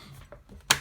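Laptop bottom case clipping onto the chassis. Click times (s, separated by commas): 0.7 s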